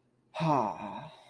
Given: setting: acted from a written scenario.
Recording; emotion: vocal sound without words; serenity